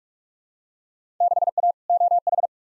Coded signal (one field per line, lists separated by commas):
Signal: Morse code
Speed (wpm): 47 wpm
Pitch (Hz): 700 Hz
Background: none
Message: 6A OH